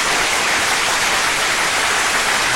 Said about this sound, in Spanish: Se lleva sus 10 puntos. Así que felicitaciones. Un aplauso,